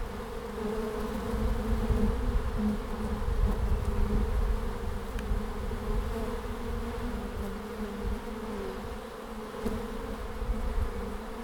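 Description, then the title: Bees keep up a long, even buzzing drone, with slight wavering hums throughout and a soft low rumble. Bees at the end of March in Langel, Cologne, Germany. "Langel, Köln, Deutschland - Bienen Ende März. Bees at the end of march"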